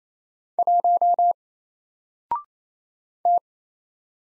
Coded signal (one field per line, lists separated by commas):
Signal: Morse code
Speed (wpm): 27 wpm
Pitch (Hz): 700 Hz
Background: none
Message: 1 T